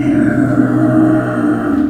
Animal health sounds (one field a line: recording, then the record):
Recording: squeal of a Yucatan mini pig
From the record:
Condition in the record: after surgery on the right vocal fold (resection and tissue-engineered implant)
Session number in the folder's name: 3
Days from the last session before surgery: 21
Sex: female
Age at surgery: 19 weeks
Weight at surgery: 25 kg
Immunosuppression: prednisolone